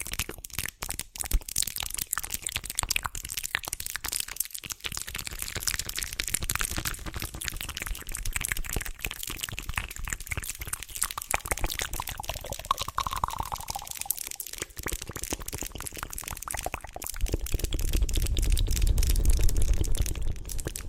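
Dense, wet mouth sounds crackle and click rapidly throughout, with brief pauses near five and fifteen seconds and a low rumble near the end.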